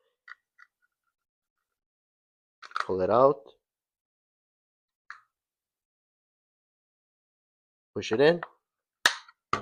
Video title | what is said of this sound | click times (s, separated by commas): Full Dyson V10/V11 Trigger Repair Tutorial - Fix Switch Not Working (Step-by-Step Guide) | You hear the click. | 9.1 s, 9.5 s